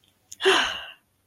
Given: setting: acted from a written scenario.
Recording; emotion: vocal sound without words; pride